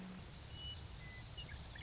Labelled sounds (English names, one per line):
Western Meadowlark